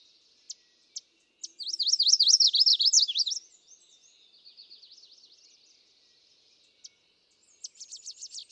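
Chestnut-sided warbler song: a few sharp high chips lead into a fast wavering trill of rising and falling notes, then a softer trill and more chips.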